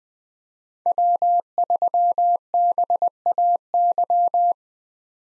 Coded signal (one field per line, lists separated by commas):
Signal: Morse code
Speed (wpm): 21 wpm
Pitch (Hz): 700 Hz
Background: none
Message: W3BAY